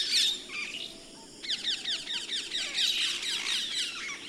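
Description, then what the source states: Common myna chatter: a loud burst of chirps, a short lull, then renewed rapid runs of squeaky, downslurred notes to the end. Recorded February 2011.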